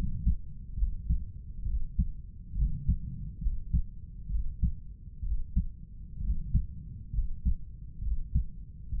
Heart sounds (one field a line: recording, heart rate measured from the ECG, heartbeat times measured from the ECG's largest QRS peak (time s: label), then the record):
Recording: heart sounds by stethoscope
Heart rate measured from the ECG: 66 bpm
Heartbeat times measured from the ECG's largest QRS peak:
0.78 s: heartbeat
1.66 s: heartbeat
2.56 s: heartbeat
3.42 s: heartbeat
4.30 s: heartbeat
5.24 s: heartbeat
6.22 s: heartbeat
7.14 s: heartbeat
8.03 s: heartbeat
8.93 s: heartbeat
From the record:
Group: healthy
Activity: rest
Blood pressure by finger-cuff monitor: 134/89 mmHg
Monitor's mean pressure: 102 mmHg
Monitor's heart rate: 67 bpm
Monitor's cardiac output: 7 L/min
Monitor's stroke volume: 102 mL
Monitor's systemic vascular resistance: 1060 dyn s/cm5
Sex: male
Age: 30 years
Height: 188 cm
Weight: 110.2 kg